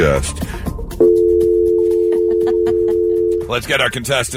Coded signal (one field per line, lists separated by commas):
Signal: telephone call progress tone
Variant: North America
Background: speech, music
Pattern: dial tone